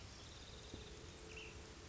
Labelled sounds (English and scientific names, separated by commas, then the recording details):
Ash-throated Flycatcher (Myiarchus cinerascens)
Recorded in Sonoma County, California